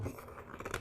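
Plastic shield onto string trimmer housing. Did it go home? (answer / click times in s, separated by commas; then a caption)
no / none. A plastic guard shield is lined up with the tabs at the base of a Weed Eater SG11 string trimmer housing and handled as it is turned, giving a soft, continuous scraping and rubbing of plastic with a couple of brief sharper ticks toward the end. Nothing has seated or locked yet; the clip ends just before the shield goes home.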